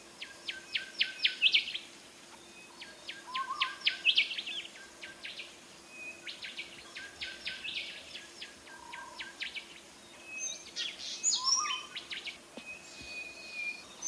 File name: suara decu timor